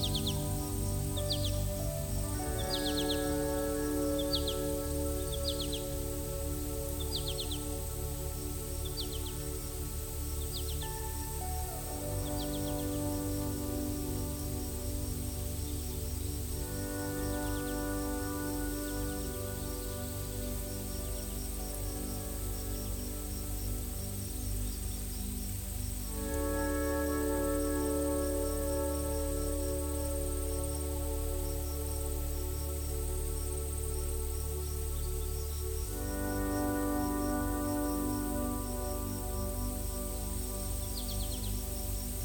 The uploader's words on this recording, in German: Klängen des WALDES und sanfter MUSIK. Diese Episode präsentiert die therapeutischen Geräusche des Waldes, verflochten mit zart entspannender Musik.